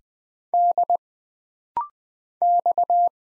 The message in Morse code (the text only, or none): D X